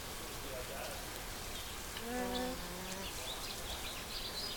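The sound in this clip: Nene giving a short low nasal harmonic call of about a second, over steady background hiss with faint high chirps.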